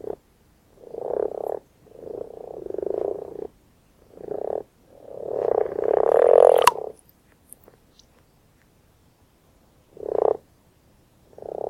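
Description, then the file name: Common frog calls: repeated low purring croaks, some long and rolling, others short, separated by brief silences. "Grenouille rousse"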